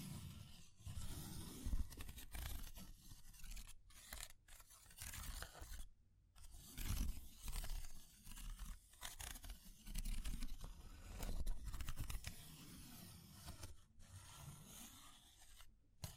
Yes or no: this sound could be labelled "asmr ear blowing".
no